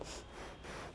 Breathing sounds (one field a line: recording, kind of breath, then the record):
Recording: one breath in and out by a microphone near the nose and mouth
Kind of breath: strong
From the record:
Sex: female